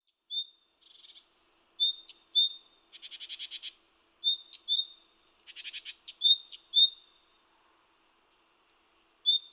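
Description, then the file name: Great tit calls: sharp, high metallic notes, often in pairs, with quick downward ticks, mixed with short buzzy churring rattles. "Parus major"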